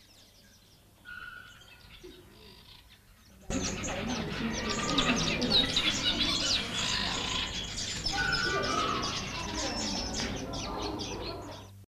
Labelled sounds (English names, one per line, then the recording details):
Vitelline Masked-Weaver call
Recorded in captivity
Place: Zoo Berlin, Berlin, DE
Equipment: Halbspur, 9,5 cm/s
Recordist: Lütgens, Hans